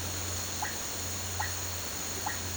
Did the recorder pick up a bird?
no